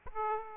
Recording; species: mosquito wingbeat signal from an infrared sensor; Aedes aegypti